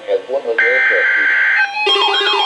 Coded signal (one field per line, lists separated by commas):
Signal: Emergency Alert System (SAME) tones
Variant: header bursts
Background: speech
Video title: NOAA - Severe Thunderstorm Warning (EAS #1,216)